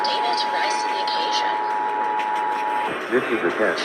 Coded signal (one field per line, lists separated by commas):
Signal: Emergency Alert System (SAME) tones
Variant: 853 and 960 Hz attention tone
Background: speech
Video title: Washington State EOC Required Monthly Test EAS(4-10-2021)